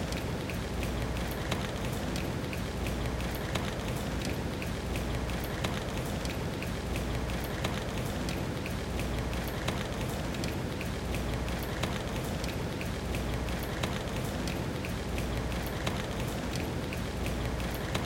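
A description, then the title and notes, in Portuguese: Steady light drizzle falls on a backyard, a dense even patter with sharper drips from the eaves landing every second or so throughout. Chuvisco no Quintal: Som para Dormir. Ouça o som de um chuvisco constante juntamente com as goteiras que caem no quintal de uma casa.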